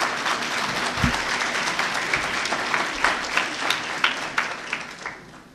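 An audience at a Nureddin Yıldız conference applauds steadily, many hands clapping in a dense, crackling wash that swells slightly toward the end, with a few sharper individual claps standing out.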